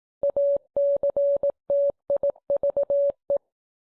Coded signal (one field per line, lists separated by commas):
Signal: Morse code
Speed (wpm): 18 wpm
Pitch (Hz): 560 Hz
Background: none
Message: ACTIVE